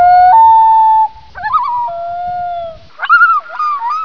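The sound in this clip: Common loon calling with long steady wailing notes that step up and down, broken by quick wavering tremolo bursts.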